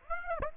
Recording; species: mosquito wingbeat signal from an infrared sensor; Aedes aegypti